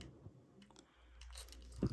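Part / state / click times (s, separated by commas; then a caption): left-side plastic part onto action figure peg / not seated / none. A left-side plastic part of an action figure is pushed onto its peg on a last attempt, making faint scraping and small plastic contact sounds with a few light taps. The part does not click in, so nothing has seated.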